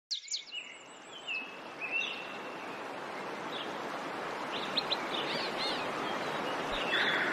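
Nightingale song opening with sharp high whistles and a brief trill, then scattered varied phrases fading into a rising background hiss.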